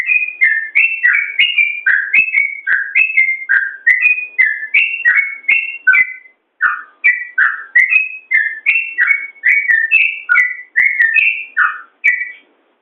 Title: Suara Trucukan